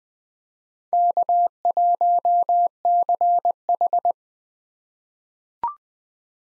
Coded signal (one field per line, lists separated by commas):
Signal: Morse code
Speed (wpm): 20 wpm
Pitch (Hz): 700 Hz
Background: none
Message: K1CH